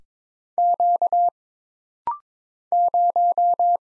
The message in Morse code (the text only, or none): Q 0